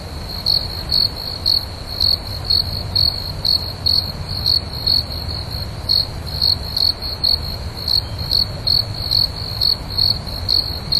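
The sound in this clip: Cricket song of sharp, high chirps repeated about twice a second in a steady but slightly uneven rhythm over a soft low hum.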